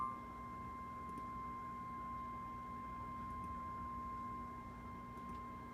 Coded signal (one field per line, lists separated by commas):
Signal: Emergency Alert System (SAME) tones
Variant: 1050 Hz attention tone